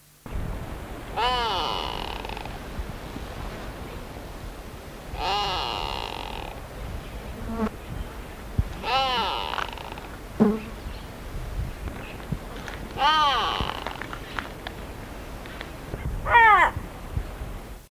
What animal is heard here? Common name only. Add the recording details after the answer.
Grey Go-away-bird. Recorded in the wild. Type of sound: call. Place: Namibia. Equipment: Halbspur, 9,5 cm/s. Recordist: Lütgens, Hans. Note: Freilandaufnahme Namibia: Rufe